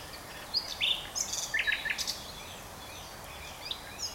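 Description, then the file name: Common nightingale song fragment: a quick mix of thin high whistles and short buzzy notes, then fading softer notes, over constant background noise. "Luscinia megarhynchos"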